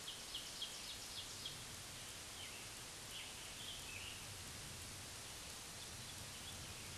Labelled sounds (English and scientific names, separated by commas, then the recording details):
Scarlet Tanager (Piranga olivacea) song
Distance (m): 105 m
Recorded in a Pennsylvania forest on 1 June 2023 at 08:09
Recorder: AudioMoth, point grid3_28_high
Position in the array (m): 162 m, 141 m